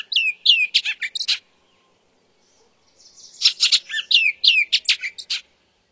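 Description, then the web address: Bullock's oriole singing two short bursts of mixed whistles and harsh chattering notes, separated by a pause of about one and a half seconds. "Songs of Birds of North America Stokes. Bullocks Oriole"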